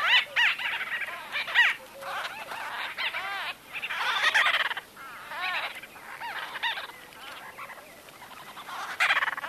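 White-fronted bee-eater calls: dense chattering of throaty, arched nasal notes in quick overlapping series, several bursts with brief pauses, suggesting more than one calling bird.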